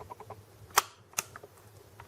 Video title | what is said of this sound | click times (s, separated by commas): How to Repair an Elmer’s Electric Pencil Sharpener Model 167X Receptacle Switch | we heard the click now what's happening is the threads are stopping it from backing out | 0.8 s, 1.2 s